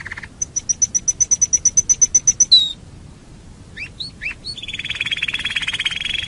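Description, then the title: Canary song: a steady high pulsed trill, a short gap with a few rising chirps, then a dense buzzy warble. "Kenari"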